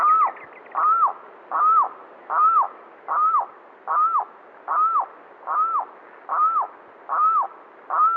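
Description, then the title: Limpkin calls: a loud, wailing, arched note that rises then falls, repeated steadily about every 0.8 seconds, eleven times in a row. "LuckyPassaro Completos2Sama. Limpkin (Aramus guarauna)"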